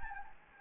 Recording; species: mosquito wingbeat signal from an infrared sensor; Anopheles gambiae